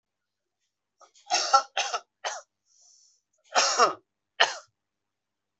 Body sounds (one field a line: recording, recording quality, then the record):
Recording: heavy voluntary cough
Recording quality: excellent, no background noise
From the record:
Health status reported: respiratory illness, not identified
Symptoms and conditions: none ticked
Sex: male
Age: 29 years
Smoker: not ticked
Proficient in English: yes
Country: India